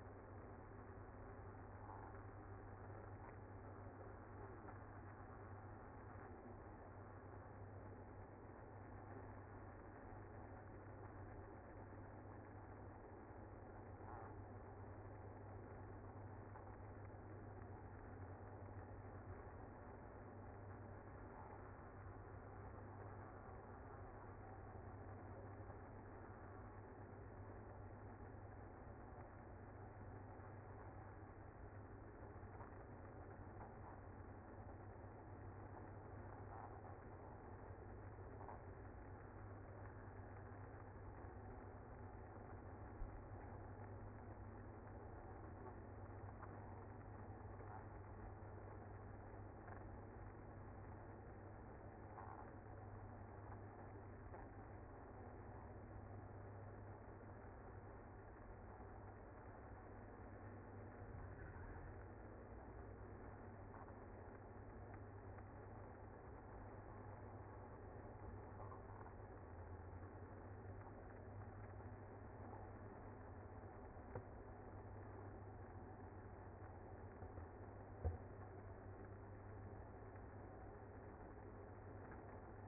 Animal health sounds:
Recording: honeybee colony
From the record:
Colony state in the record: active

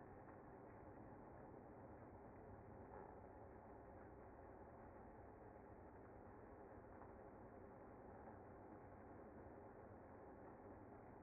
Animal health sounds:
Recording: honeybee colony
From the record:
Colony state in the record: active

